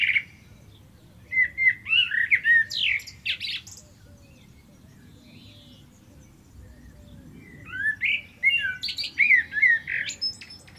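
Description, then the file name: Common blackbird song: two mellow, fluty warbled phrases near the start and end, each closing in high, squeaky twittering notes, with quiet gaps between. "Turdus merula"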